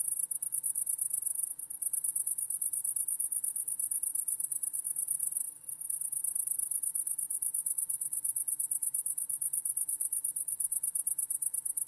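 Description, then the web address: Crickets chirping in a steady, very high pulsed trill that runs almost without pause, with a faint low hum underneath. Several crickets, recorded in wide stereo. "lynne-publishing Crickets Wide Stereo"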